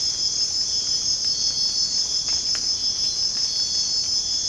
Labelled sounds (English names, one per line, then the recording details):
none
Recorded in secondary vegetation near Puerto Asís, Putumayo, Colombia, on 24 March 2025 at 05:00
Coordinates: 0.485, -76.322
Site G040